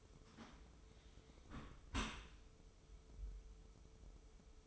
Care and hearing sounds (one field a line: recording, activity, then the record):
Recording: daily activity, microphone in the room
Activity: close dishwasher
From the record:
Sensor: 1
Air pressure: 995.7 hPa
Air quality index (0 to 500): 56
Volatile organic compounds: 2 ppm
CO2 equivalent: 1084 ppm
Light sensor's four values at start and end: 32/109/42/44 and 31/108/42/43